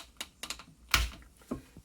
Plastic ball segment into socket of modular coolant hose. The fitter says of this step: and you can hear it snap into place